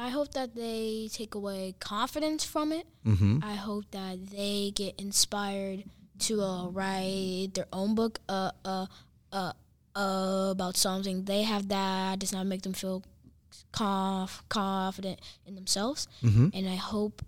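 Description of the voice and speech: A 10-year-old boy speaks with repeated, stalled "uh" sounds, pauses and a part-word repetition, typical of stuttering.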